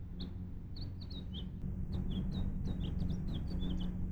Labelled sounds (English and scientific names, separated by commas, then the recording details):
House Finch (Haemorhous mexicanus) song
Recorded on Long Island, New York